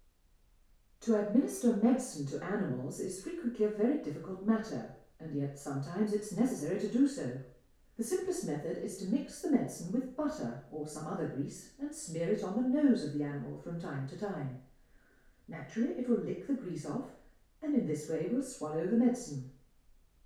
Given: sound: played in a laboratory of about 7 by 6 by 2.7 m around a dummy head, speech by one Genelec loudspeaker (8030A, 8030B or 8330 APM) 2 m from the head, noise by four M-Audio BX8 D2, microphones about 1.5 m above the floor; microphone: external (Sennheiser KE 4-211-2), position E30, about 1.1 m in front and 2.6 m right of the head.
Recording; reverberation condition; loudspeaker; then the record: female speech in English; medium; in front (0 degrees)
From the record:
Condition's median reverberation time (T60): about 510 ms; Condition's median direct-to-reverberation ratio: about -0.5 dB